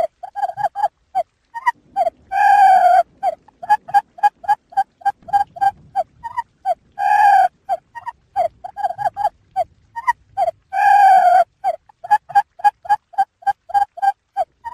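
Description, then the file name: Quail chattering calls: rapid, uneven run of short clipped notes, broken by a few longer, harsher squawks that recur every few seconds. "Tieng cut chuan"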